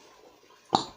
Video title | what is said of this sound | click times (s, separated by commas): Fish out of water and jar openers | oh there it goes you heard that snap right that worked okay | 0.7 s